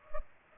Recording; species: mosquito wingbeat signal from an infrared sensor; Culex pipiens